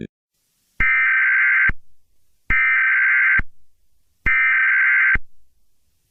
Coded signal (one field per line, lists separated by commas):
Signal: Emergency Alert System (SAME) tones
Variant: header bursts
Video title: EAS | National Departament of Defense | Unknown Hostile Force.